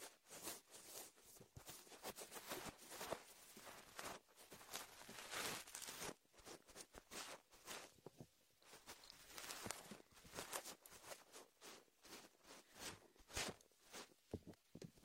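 Wet squelching and rubbing from a latex ear massage with shaving foam, a dense run of quick squishes and slides that rarely pause. The strokes come in irregular bursts, crisp and bright, with brief near-silent gaps around six and eight seconds.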